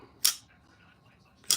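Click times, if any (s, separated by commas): 0.2 s, 1.5 s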